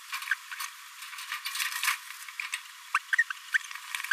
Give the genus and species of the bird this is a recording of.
Forpus passerinus